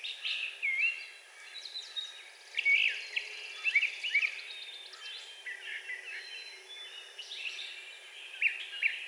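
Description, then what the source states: Brown thrasher singing a run of varied, slurred and chirping phrases. Recorded on 4 June 2020.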